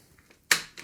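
The plastic fresh water tank of an Anker MACH V1 Ultra wet-dry vacuum is unlatched and pulled off the vacuum, releasing with a loud click at 0.5 s. A few faint taps come before it, and a softer click follows at 0.8 s as the tank comes free easily.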